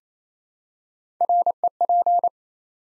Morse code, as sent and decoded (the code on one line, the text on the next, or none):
.-. . .--.
REP